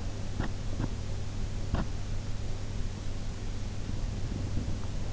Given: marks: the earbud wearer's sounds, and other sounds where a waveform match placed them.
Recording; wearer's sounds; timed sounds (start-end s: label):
sounds in sleep by an in-ear microphone; teeth grinding
0.28-1.01 s: teeth grinding
1.61-2.08 s: teeth grinding